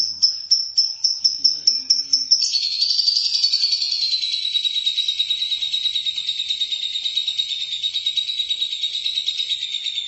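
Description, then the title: Lovebird song: a row of quick high chirps, then a long, continuous buzzy trill that slides slightly lower and holds steady to the end. "Suara Burung Lovebird"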